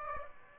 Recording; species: mosquito wingbeat signal from an infrared sensor; Aedes aegypti